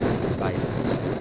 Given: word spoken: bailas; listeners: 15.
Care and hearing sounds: one Spanish word in noise, from a listening test; noise modulated by three-talker babble; -7.8 dB; 0 of 15; 9 of 15; 0.81 s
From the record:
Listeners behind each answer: 9, 6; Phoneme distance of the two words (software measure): 10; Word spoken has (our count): 2 syllables, 6 phonemes, stress on syllable 1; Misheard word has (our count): 2 syllables, 6 phonemes, stress on syllable 1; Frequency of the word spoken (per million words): 0.33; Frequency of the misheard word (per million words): 9.04

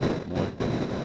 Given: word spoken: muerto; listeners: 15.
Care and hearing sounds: one Spanish word in noise, from a listening test; noise modulated by three-talker babble; -7.9 dB; 2 of 15; 9 of 15; 0.64 s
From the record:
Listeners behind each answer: 9, 2, 1, 1, 1, 1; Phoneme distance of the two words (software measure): 10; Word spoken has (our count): 2 syllables, 6 phonemes, stress on syllable 1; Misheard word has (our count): 2 syllables, 6 phonemes, stress on syllable 1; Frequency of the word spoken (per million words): 97.11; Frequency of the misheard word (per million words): 277.53

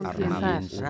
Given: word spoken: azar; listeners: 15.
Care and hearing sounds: one Spanish word in noise, from a listening test; four-talker babble; -2.1 dB; 0 of 15; 9 of 15; 0.50 s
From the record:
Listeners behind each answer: 9, 3, 2, 1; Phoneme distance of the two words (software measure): 38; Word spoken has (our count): 2 syllables, 4 phonemes, stress on syllable 2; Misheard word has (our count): 4 syllables, 8 phonemes, stress on syllable 4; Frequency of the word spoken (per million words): 22.27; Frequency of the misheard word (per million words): 63.65

